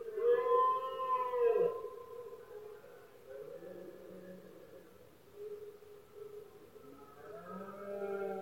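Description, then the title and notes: Red deer stag roaring, a loud harmonic bellow that breaks off abruptly, followed by softer moaning calls. Male red deer bellowing during the rut, known as berrea or brama, at night in Spain, when surroundings are quietest. "Paisaje sonoro: Berrea #04. La época de celo del ciervo se conoce comúnmente como “berrea del ciervo” o “brama del ciervo”. especialmente por la noche pues es cuando más silencio hay alrededor, los poderosos bramidos de los ciervos machos"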